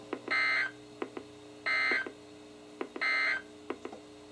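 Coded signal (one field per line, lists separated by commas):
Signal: Emergency Alert System (SAME) tones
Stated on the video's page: NOAA Weather Radio SAME alerts from KHB36, including coastal flood, special marine and severe thunderstorm warnings issued by NWS Sterling, VA.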